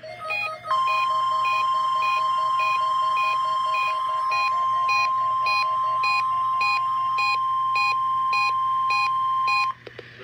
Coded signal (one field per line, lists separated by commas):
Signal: Emergency Alert System (SAME) tones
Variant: 1050 Hz attention tone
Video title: Required Weekly Test | EAS #48